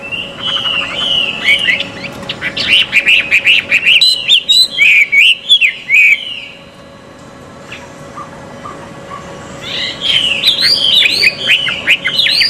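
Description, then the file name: Chinese hwamei song: rapid bright whistled phrases for several seconds, then a quiet stretch with faint low notes, before loud looping whistles resume. Recorded at a bird gathering. "audio-gathering-hwamei 1-omkicau"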